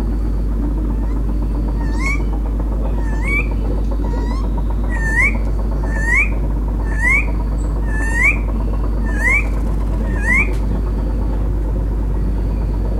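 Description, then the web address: Tiger parrot calls: short upward-sweeping whistled notes repeated roughly once a second, about ten in a row, over a steady low hum. "parrots psittacella"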